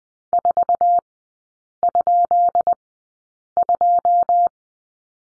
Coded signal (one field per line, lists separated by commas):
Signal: Morse code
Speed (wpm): 20 wpm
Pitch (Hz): 700 Hz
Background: none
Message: 4?2